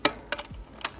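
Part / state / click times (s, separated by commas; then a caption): release latch of the removable motor/battery unit in an e-bike down tube / released / 0.1 s. A small release latch on the down tube of an aluminium Canyon Endurace:On AL e-road bike is pulled to free the combined motor and battery unit so it can be dropped out of the bike. A sharp click at 0.1 s marks the latch opening, followed by fainter clicks around 0.3, 0.4 and 0.9 s. The latch is released and the motor/battery unit is freed.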